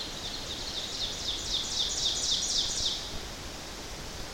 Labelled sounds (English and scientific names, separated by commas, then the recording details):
Ovenbird (Seiurus aurocapilla) song
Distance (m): 40 m
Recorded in boreal forest in Alberta, Canada, on 12 June 2016 at 06:57
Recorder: SongMeter 3, array SBT-3-18
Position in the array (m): 246 m, 96 m
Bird 31